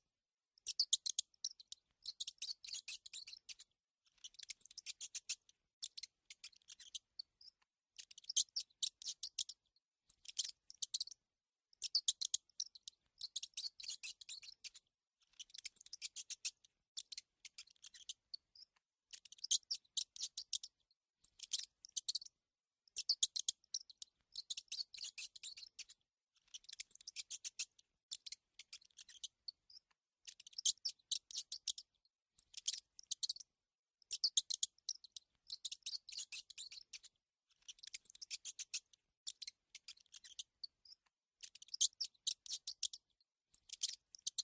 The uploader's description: A MOUSE SQUEAKING